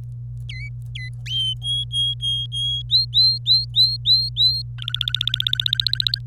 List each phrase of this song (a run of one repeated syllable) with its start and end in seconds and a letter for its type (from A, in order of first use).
0.49-0.69 A, 0.95-1.09 A, 1.26-2.82 B, 2.90-4.62 C, 4.79-6.19 D